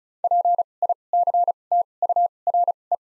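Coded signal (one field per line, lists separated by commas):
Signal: Morse code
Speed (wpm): 36 wpm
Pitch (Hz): 700 Hz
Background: none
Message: P I C T U R E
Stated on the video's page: Morse practice set at 35 wpm using Top 200 words with 2x character spacing (Farnsworth-style timing).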